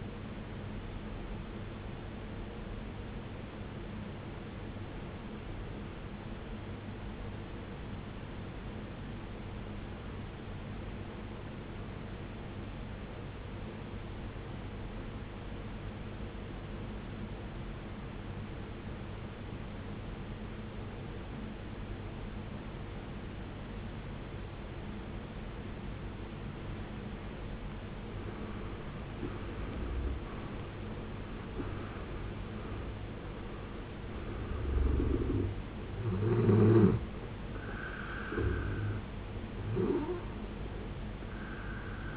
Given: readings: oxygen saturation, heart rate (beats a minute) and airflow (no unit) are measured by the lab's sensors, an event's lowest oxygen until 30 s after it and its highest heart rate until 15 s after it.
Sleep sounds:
breathing in sleep by a voice recorder at the bedside; 1
6.00-42.17 s: new sleep stage, N2 (light sleep)
8.00-29.10 s: obstructive apnea (N2, oxygen 94% highest, then 77% lowest, heart rate 54 at the start, 79 highest)
From the record:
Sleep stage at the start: N1 (lightest sleep); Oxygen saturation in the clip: 75 to 94%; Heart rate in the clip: 54 to 79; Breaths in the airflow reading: 5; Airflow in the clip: -18.4 to 17.3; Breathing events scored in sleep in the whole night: 389 in 6.3 hours asleep

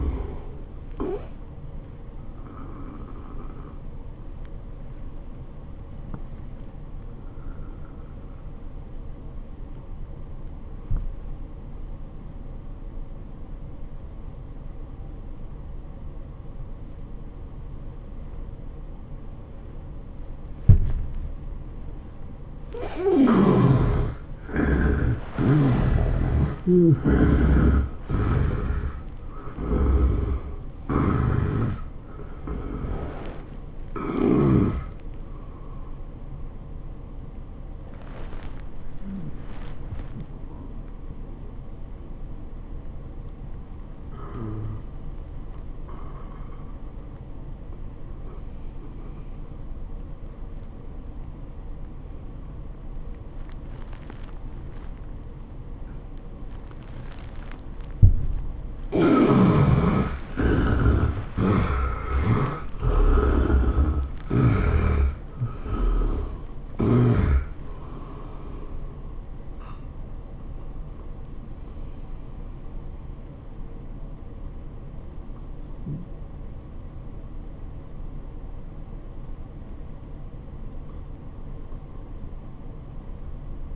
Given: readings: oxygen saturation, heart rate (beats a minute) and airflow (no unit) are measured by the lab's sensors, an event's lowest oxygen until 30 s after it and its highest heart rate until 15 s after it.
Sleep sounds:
breathing in sleep by a smartphone at the bedside; 2
9.00-21.00 s: obstructive apnea (N1, oxygen 97% highest, then 76% lowest, heart rate 85 at the start, 99 highest)
38.00-59.10 s: hypopnea (N1, oxygen 97% highest, then 72% lowest, heart rate 92 at the start, 103 highest)
From the record:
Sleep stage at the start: N1 (lightest sleep); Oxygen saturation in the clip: 72 to 97%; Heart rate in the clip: 79 to 104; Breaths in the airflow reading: 14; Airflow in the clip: -14.3 to 11.8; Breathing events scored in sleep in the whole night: 403 in 5.5 hours asleep

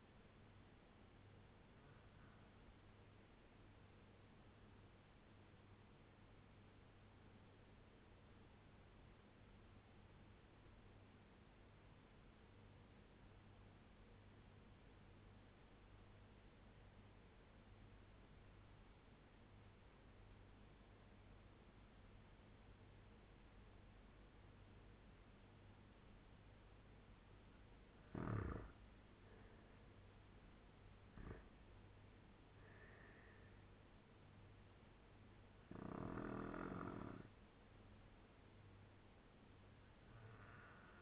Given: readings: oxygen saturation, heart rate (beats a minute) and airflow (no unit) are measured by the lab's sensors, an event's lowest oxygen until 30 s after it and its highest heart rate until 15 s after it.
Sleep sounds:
breathing in sleep by a voice recorder at the bedside; 1
5.00-29.70 s: obstructive apnea (REM, oxygen 95% highest, then 87% lowest, heart rate 78 at the start, 91 highest)
22.00-41.02 s: new sleep stage, N1 (lightest sleep)
From the record:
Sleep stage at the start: REM sleep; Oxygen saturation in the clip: 87 to 95%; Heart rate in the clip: 73 to 91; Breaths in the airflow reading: 3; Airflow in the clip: -3.8 to 5.4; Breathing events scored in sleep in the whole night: 201 in 6.5 hours asleep

